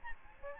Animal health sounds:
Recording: mosquito wingbeat signal from an infrared sensor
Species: Aedes albopictus

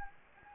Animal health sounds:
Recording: mosquito wingbeat signal from an infrared sensor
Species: Anopheles gambiae

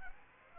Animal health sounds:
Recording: mosquito wingbeat signal from an infrared sensor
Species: Aedes aegypti

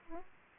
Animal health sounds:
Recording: mosquito wingbeat signal from an infrared sensor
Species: Aedes aegypti

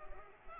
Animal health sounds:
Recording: mosquito wingbeat signal from an infrared sensor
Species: Culex pipiens

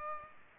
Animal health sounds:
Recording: mosquito wingbeat signal from an infrared sensor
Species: Culex pipiens

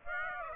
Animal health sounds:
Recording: mosquito wingbeat signal from an infrared sensor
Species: Aedes aegypti

